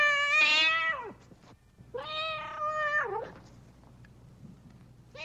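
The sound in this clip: Cat meowing: two drawn-out, bright meows that fall in pitch at the end, with the start of a third at the close.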